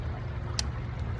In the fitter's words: there you go it's clicked look at the pan